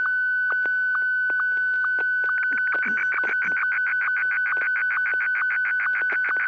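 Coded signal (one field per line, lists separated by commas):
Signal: SSTV (slow-scan television)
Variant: Martin 1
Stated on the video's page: SSTV net on an FM repeater on 441.300 MHz, images sent with MMSSTV software.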